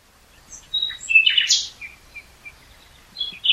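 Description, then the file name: Common nightingale song: short whistles, a loud buzzy burst, then scattered soft chirps and a sharp high note at the end. "Luscinia megarhynchos"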